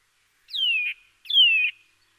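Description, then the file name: Eurasian nuthatch giving two clear, descending whistled calls, each about half a second long, in quick succession. "Sitta europaea"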